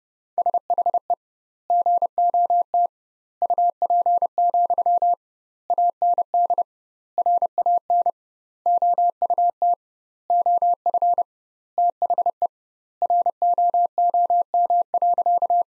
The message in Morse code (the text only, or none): SHE GOT UP, AND RAN OUT OF THE ROOM.